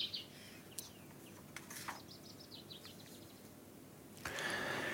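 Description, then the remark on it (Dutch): A faint chaffinch song recorded amid sporadic wet snowflakes: a quick run of bright, high chirping notes that descends steadily in pitch, set against steady low background noise that grows louder toward the end. “Daar horen we de vinkenslag.”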